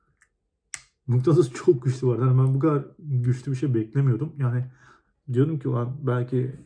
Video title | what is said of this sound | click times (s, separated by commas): Yeni Kamera aldık! Dji Osmo Action 4 İnceleme + Kutu Açılımı #28 | çat yani bitti mn çok güçlü | 0.7 s